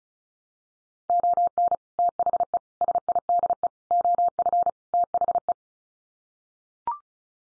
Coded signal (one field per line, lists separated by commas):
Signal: Morse code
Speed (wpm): 34 wpm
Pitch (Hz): 700 Hz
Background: none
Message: ON THE SIDE OF THE